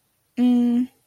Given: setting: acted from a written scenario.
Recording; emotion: vocal sound without words; neutral